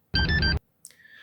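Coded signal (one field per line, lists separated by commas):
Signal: beep code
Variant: key programmer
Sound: three quick electronic beeps in a row, middle one slightly higher, then a faint tone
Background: low hum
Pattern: 3 short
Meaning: Three quick beeps mean the step succeeded; move to the next step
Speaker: if you heard the three beeps as I played in this video you can now un you can now turn off the vehicle and remove the old key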